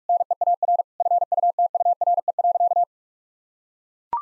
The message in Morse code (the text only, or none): NEAR FUTURE.